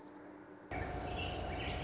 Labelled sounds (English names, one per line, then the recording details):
Orange-crowned Warbler
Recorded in Sonoma County, California